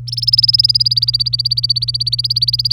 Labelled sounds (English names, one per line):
Domestic Canary song